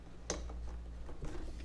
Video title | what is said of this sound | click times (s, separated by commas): Poulan Pro BVM200 Gas Leaf Blower Tune Up | So you could hear that went into place. | 0.3 s